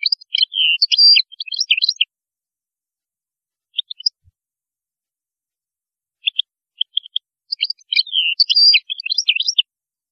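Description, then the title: European goldfinch song, a rapid twittering jumble of chips and trills, two long phrases with a scattered few notes between them. "Chant Chardonneret"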